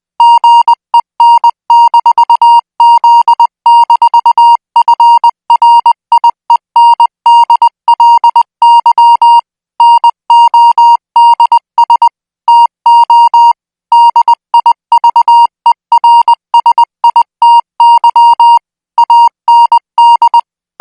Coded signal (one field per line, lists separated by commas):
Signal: Morse code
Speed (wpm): 20 wpm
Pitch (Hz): 940 Hz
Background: music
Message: GEN-Z-FRIENDLY NODS TO DIVERSITY AND